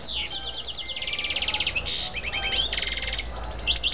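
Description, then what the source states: Canary song of quick repeated trills and rolling buzzes, broken by short sliding whistles, delivered without a break. Female bird.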